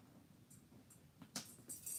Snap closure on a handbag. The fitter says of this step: You heard that snap,